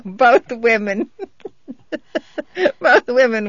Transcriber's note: she laughs